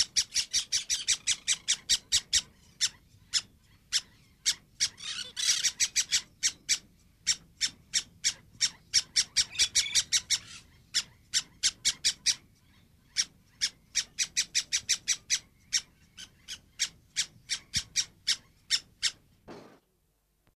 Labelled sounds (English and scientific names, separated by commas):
Crimson-bellied Parakeet (Pyrrhura perlata) call